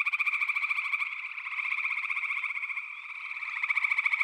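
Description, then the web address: Frogs trilling together in fast pulsed calls, swelling and fading in waves, with no other sounds. "Nature Songs Nature Sounds The Natural Sounds of the Wilderness 10 CDs collection Echoes of Nature - Frog Chorus"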